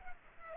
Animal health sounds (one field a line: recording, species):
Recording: mosquito wingbeat signal from an infrared sensor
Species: Culex pipiens